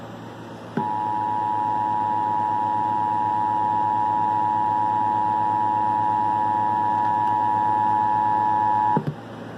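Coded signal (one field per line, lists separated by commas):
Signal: Emergency Alert System (SAME) tones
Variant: 853 and 960 Hz attention tone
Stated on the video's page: Homemade mock EAS test.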